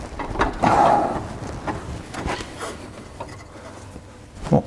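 A plastic quick connector on the second diesel fuel hose of a Renault Mégane 3 is pushed onto its pipe, expected to clip itself in. Light rubbing and brief taps of plastic are heard over several seconds of pushing. Nothing has clicked or latched yet.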